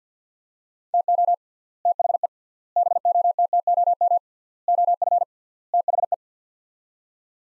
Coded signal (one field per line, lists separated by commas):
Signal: Morse code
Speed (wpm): 50 wpm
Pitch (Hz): 700 Hz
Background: none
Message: TO THE BOTTOM OF THE